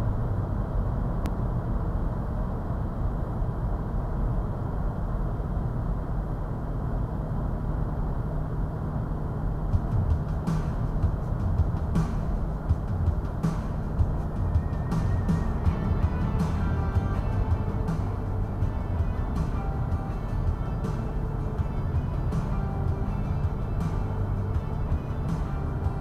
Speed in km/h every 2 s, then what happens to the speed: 90, 89, 87, 87, 87, 87, 87, 85, 82, 82, 81, 82, 81.
0-26 slows to 81.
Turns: none.